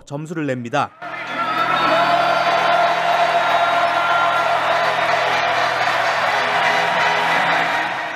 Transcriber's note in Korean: 녹취: 농구경기 현장음